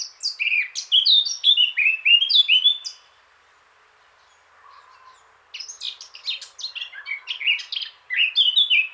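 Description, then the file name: Eurasian blackcap song, a fast warbled phrase with bright fluty notes, then a pause of a couple of seconds before another chattering run of notes begins. "Sylvia atricapilla"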